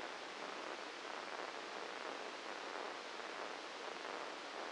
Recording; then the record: brain microelectrode recording played as sound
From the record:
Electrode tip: outside the subthalamic nucleus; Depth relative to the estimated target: 5 mm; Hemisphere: left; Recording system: NeuroSet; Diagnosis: Parkinson's disease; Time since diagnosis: 9 years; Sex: male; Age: 56 years